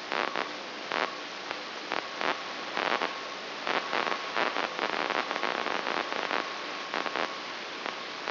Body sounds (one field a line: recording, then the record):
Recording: brain microelectrode recording played as sound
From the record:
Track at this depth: outside the subthalamic nucleus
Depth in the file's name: 8.904 mm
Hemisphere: left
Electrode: 3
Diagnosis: Parkinson's disease